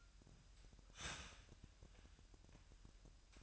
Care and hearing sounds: daily activity, microphone in the room; start toaster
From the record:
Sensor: 2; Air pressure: 1001.9 hPa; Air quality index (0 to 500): 247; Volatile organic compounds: 38 ppm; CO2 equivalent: 3119 ppm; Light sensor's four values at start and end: 9/30/12/11 and 9/30/12/11

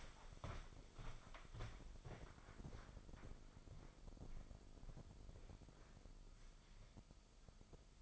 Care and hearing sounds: daily activity, microphone in the room; walk to room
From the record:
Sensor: 5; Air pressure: 995.6 hPa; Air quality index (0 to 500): 104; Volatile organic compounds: 7 ppm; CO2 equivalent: 2013 ppm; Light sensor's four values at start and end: 37/88/36/37 and 38/93/38/39

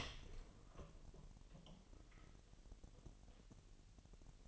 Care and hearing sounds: daily activity, microphone in the room; open door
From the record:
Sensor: 4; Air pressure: 1002.0 hPa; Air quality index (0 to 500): 248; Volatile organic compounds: 41 ppm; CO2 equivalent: 3159 ppm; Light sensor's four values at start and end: 9/21/8/7 and 9/20/8/7

